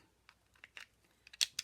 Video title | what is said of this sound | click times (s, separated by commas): Joy to the World Paper Pumpkin alternatives | so that just goes pops right in there i love the new stamp and seal | 1.6 s